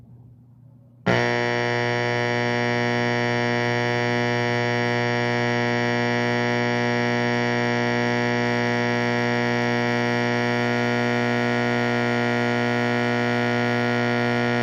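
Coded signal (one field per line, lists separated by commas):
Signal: alarm pattern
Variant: electromechanical horn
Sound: after a second of quiet, a loud continuous harsh buzzing horn that never pauses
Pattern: continuous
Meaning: Fire alarm, evacuate the building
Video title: Fire Alarm Sound Effect #2 - Simplex 4050 + 4050-82 120VAC 1970s Vintage School Fire Alarm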